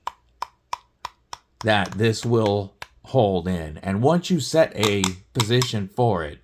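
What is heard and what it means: A rotating belt clip on a knife sheath is turned through its detent positions, producing five sharp clicks at 0.1, 0.4, 0.7, 1.1 and 1.3 seconds as it seats into each successive position. After the clicks, someone talks.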